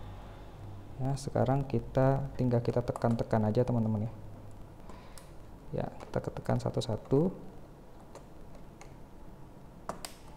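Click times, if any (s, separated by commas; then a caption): 9.9 s, 10.0 s. A laptop RAM module for an Asus A53S is pressed down into its SO-DIMM memory slot while someone talks. Two sharp clicks at 9.9 s and 10.1 s mark the side retaining clips snapping over it, and the module is seated.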